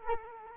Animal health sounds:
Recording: mosquito wingbeat signal from an infrared sensor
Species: Culex quinquefasciatus

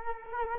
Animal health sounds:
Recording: mosquito wingbeat signal from an infrared sensor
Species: Culex quinquefasciatus

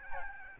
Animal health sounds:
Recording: mosquito wingbeat signal from an infrared sensor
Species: Aedes albopictus

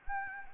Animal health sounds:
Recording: mosquito wingbeat signal from an infrared sensor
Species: Anopheles gambiae

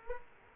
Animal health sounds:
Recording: mosquito wingbeat signal from an infrared sensor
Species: Culex quinquefasciatus

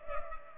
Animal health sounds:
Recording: mosquito wingbeat signal from an infrared sensor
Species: Culex pipiens

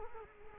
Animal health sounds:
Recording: mosquito wingbeat signal from an infrared sensor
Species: Culex quinquefasciatus

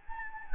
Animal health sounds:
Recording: mosquito wingbeat signal from an infrared sensor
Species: Anopheles gambiae

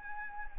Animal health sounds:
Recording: mosquito wingbeat signal from an infrared sensor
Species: Anopheles arabiensis

